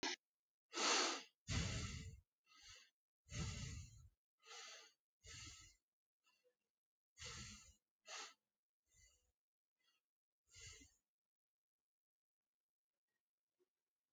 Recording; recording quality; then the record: shallow breathing; excellent, no background noise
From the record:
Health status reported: healthy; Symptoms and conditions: none ticked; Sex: male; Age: 33 years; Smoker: not ticked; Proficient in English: yes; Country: India